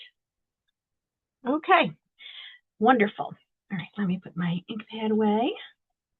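A plastic lid on a stamp ink pad case is being handled as the ink pad is put away. Someone talks throughout the clip, with no distinct impact heard. The lid has not yet snapped shut, and nothing has clicked or seated yet.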